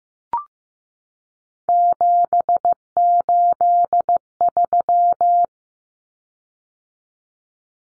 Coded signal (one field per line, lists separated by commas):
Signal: Morse code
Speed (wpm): 15 wpm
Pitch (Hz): 700 Hz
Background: none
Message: 783